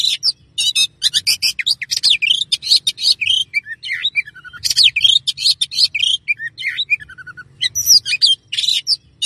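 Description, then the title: Oriental magpie-robin song with dense bursts of buzzy chatter and melodious whistles, including a trilled falling series, steady low hum throughout. "Kacer"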